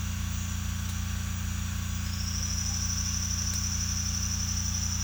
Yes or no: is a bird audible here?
no